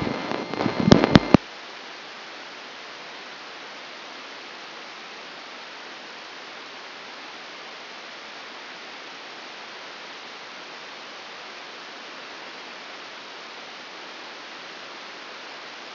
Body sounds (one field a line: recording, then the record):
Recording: brain microelectrode recording played as sound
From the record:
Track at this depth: outside the subthalamic nucleus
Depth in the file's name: 0.049 mm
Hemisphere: left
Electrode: 3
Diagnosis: Parkinson's disease